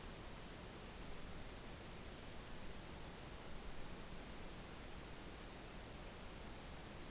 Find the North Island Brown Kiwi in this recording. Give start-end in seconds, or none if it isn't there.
none